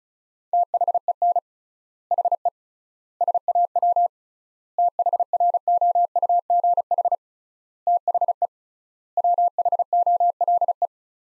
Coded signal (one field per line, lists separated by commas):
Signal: Morse code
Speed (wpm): 34 wpm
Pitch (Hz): 700 Hz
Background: none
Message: THEN HE SAW THROUGH THE WHOLE